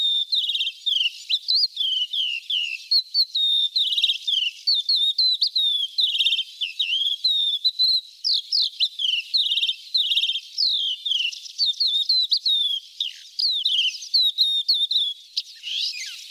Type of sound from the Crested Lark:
song